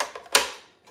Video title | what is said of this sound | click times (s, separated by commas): Prep Made Easy: Save Time & Eat Healthy Even When You're Busy!! | here it just it just snaps in place | 0.4 s